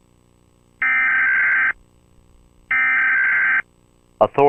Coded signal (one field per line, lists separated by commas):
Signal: Emergency Alert System (SAME) tones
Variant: header bursts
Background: speech